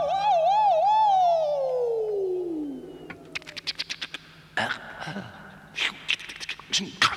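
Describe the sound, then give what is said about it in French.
An ambulance siren wails with a quick warble, then slides steadily down in pitch and fades. A run of rapid clicks and short, sharp bursts of noise follows. “Tranquille, j'entends la sirène.”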